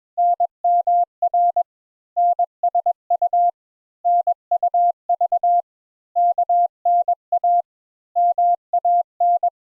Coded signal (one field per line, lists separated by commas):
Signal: Morse code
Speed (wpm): 21 wpm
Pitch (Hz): 700 Hz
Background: none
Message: NMR NSU NUV KNA MAN